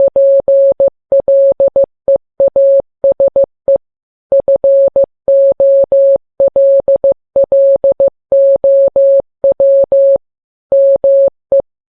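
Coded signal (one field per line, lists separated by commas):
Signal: Morse code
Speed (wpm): 15 wpm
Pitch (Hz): 550 Hz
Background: none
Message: PLEASE FOLLOW ME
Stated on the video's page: Morse audio made with an online Morse code audio generator.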